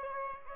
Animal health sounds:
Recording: mosquito wingbeat signal from an infrared sensor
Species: Aedes albopictus

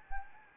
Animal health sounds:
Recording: mosquito wingbeat signal from an infrared sensor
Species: Anopheles arabiensis

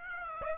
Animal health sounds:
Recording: mosquito wingbeat signal from an infrared sensor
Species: Aedes aegypti

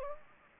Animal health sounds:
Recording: mosquito wingbeat signal from an infrared sensor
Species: Anopheles gambiae

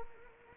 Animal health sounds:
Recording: mosquito wingbeat signal from an infrared sensor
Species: Culex quinquefasciatus

